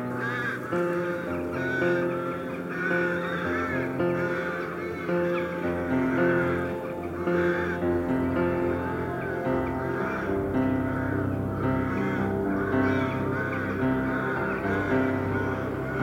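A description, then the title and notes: A dense, unbroken chorus of rooks and jackdaws calling over the marshes as they come in to roost, harsh caws and sharper chacks overlapping constantly. The flock sounds full throughout, with a low rumble underneath that thickens after the first few seconds. A winter afternoon on the marshes, with the temperature falling and the light fading, and rooks and jackdaws returning to roost.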